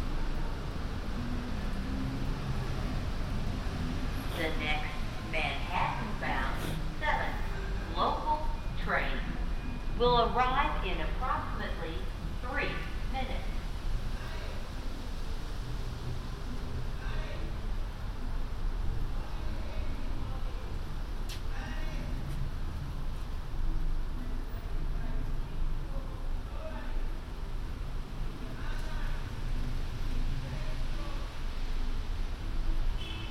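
A binaural recording on the way from the Queens Museum to Harlem via the MTA, with a steady low rumble throughout. Voices talk over it, busiest between about five and thirteen seconds, then fade to scattered words. A few sharp clicks or knocks appear later.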